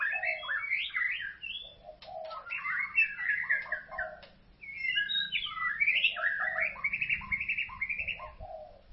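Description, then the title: White-rumped shama song with rapid varied phrases, sweet whistles alternating with chattering notes and some sharp clicks, over a low background hum. "Kicau Murai Batu"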